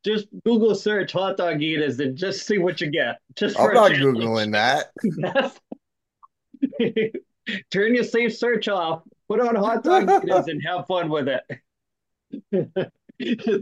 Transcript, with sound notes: Just Google search hot dog eaters and just see what you get.
I'll talk to you in that. (laughing)
Turn your safe search off. Put on hot dog eaters and have fun with it.